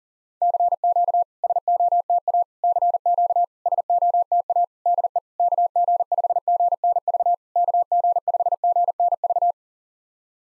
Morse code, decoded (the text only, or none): CQ SOTA CQ SOTA DE KG5GNV KG5GNV